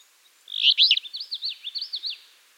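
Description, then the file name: Alder flycatcher gives one burry, buzzy phrase, followed by a quick run of zigzagging high notes that fades out. "Empidonax alnorum - Alder Flycatcher"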